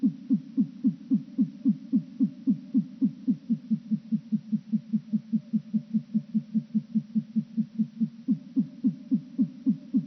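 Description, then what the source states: Nightjar churring song slowed down, heard as a deep pulsing purr of rapid repeated downward strokes. Slowed down by three octaves.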